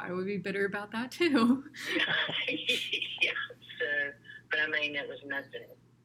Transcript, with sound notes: I would be bitter about that, too.
(laughter) So, but I mean, it was nothing.